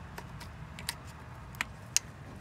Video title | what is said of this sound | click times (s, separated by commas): How To Replace Throttle Position Sensor (TPS)(Jeep Cherokee XJ)(95-01) | right nice click probably | 2.0 s